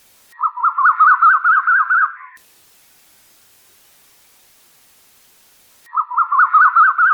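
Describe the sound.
Bird singing a rapid string of wavering mid-range notes for two seconds, a long silent gap, then the phrase starting again.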